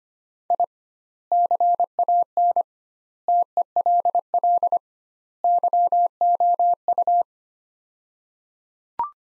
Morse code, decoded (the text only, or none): I CAN TELL YOU